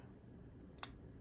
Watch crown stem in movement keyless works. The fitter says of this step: There we go. There's two clicks.